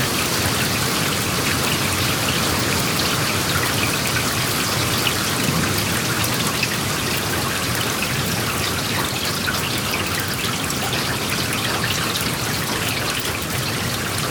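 Steady, dense rain patters on a hard surface, a constant bright hiss of drops that never lets up or changes.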